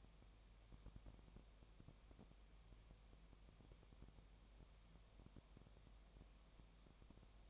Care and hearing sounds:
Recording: daily activity, microphone in the room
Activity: no activity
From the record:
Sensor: 1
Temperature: 19.7 degrees Celsius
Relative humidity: 37.0%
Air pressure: 1007.2 hPa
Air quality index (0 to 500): 143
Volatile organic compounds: 5 ppm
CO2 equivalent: 1748 ppm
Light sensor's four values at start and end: 1/2/1/1 and 1/2/1/1

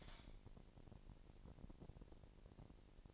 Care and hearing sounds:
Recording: daily activity, microphone in the room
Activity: light on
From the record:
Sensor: 5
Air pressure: 1002.0 hPa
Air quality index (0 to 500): 226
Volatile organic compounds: 30 ppm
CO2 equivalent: 2952 ppm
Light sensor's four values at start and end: 15/35/14/16 and 16/37/15/17

